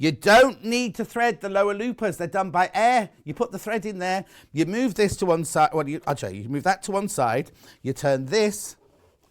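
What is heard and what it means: Someone talks while threading an air-threading overlocker, moving a part to one side and turning the threading selector lever. The selector has not locked in place yet, and nothing has clicked by the end of the clip.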